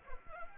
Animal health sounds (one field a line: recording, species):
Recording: mosquito wingbeat signal from an infrared sensor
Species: Anopheles arabiensis